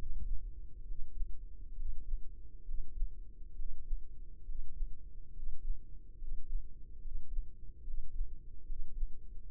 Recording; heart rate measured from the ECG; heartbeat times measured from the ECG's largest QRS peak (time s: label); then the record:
heart sounds by microphone in the right ear; 70 bpm
0.83 s: heartbeat
1.74 s: heartbeat
2.63 s: heartbeat
3.53 s: heartbeat
4.43 s: heartbeat
5.30 s: heartbeat
6.16 s: heartbeat
6.99 s: heartbeat
7.81 s: heartbeat
8.64 s: heartbeat
9.46 s: heartbeat
From the record:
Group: healthy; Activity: breath hold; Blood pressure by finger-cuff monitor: 82/48 mmHg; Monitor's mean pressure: 58 mmHg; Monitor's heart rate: 67 bpm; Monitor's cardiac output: 4.8 L/min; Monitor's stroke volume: 72 mL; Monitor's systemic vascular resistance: 830 dyn s/cm5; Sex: male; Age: 20 years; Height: 167 cm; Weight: 61 kg